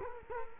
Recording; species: mosquito wingbeat signal from an infrared sensor; Culex quinquefasciatus